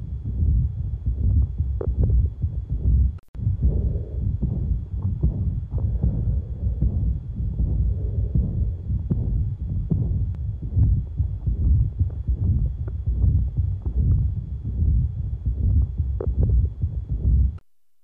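Heart by stethoscope at about 75 beats per minute. Aortic valve regurgitation murmur heard at the lower left sternal border and the cardiac apex. At the apex there is a gap after the second heart sound, so the murmur falls in mid-diastole: the Austin Flint rumble, without an opening snap.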